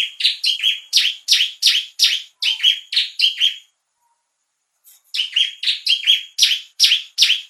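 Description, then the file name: Bar-winged prinia calling in rapid series of sharp, high, descending chip notes, about three per second, with a brief silence midway before the series resumes. Lure sound used to attract the bird. "suara pikat burung ciblek"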